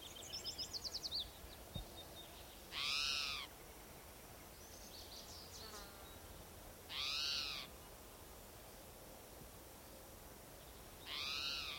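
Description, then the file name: Spotted towhee giving three grating, cat-like mewing cries, evenly spaced about four seconds apart, over soft background hiss. Individual number 7 giving cries; recorded 27 June 2006 on a trail at Gibson Jack Creek, Bannock County, Idaho. "Cicero 27 Jun 2006 Pmaculatus"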